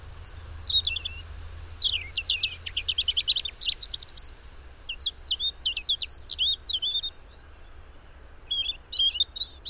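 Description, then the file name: European robin singing in quick high phrases of sharp, rapid notes and brief trills, pausing between bursts, over a faint low rumble. "Erithacus rubecula"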